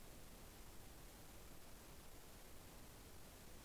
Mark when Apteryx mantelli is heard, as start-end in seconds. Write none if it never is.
none